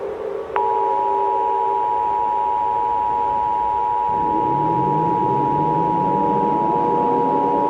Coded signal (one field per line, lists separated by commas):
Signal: Emergency Alert System (SAME) tones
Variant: 853 and 960 Hz attention tone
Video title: EAS Scenario / Analog & Digital Horror - Day Zero